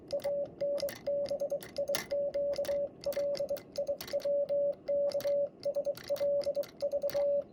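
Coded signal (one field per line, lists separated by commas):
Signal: Morse code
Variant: Japanese Wabun code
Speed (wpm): 23 wpm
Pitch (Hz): 570 Hz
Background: radio noise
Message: イタバネガヤワラカク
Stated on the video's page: Japanese Morse code sent on a Vibroplex Lightning Bug bug key with a square weight.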